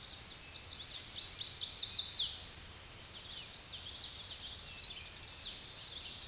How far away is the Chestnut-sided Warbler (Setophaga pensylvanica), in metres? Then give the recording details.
about 20 m. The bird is about 10 m above the microphone. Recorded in a Pennsylvania forest on 16 May 2024 at 06:58. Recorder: AudioMoth, point MSD-2494. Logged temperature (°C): 15.6 °C. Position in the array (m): 170 m, 179 m